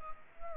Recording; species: mosquito wingbeat signal from an infrared sensor; Anopheles arabiensis